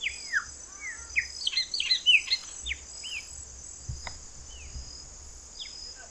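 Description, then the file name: Chopi blackbird song: a rapid run of clear, varied whistled and slurred notes, some rising and some falling, then sparser notes, over a steady high insect drone. "grauna"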